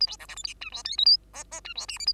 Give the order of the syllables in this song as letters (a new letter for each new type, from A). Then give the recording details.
A B C D E F G H I J K L L G H M N A. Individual Bird2